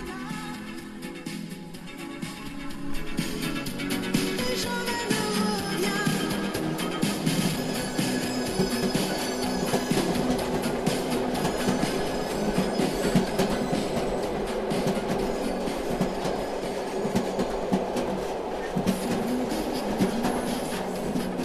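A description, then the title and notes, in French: Aboard a moving train in a sleeper compartment, a dense steady rumble and rattle swells after the first few seconds, with continuous clattering throughout. Petit tour de train à bord du transsibérien, dans notre chambre ambulante ! 5185 km de Moscou à Irkoutsk (lac Baïcal ).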